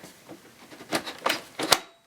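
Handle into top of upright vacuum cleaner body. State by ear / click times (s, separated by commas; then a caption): seated / 1.7 s. A plastic handle is pushed into the top of a Hoover Slalom Allergy Care upright vacuum cleaner body. A few sliding, scraping sounds build up, and the handle locks in place with a sharp, firm click at 1.7 s.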